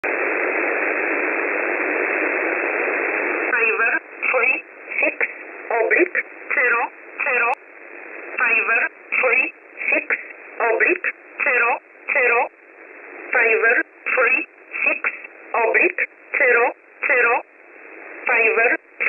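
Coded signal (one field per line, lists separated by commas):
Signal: numbers station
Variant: E11 Oblique, English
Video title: 16 03 2022 Number station E11 Oblique in English to Eu 0900 on 9968 Warsaw USB mode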